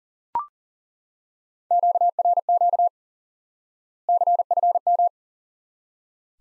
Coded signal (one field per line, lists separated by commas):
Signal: Morse code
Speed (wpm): 37 wpm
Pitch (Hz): 700 Hz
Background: none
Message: QRQ CFM